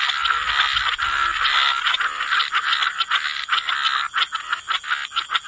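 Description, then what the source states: Frogs in a thick overlapping chorus of harsh croaks, loosening into distinct pulses toward the end, with steady high background noise. Frog chorus mixed with white noise.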